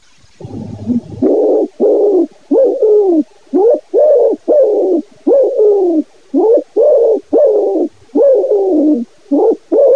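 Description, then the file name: Common wood pigeon cooing: a long run of many hollow coos, each short, in a quick rhythm. "COLOMBACCIO"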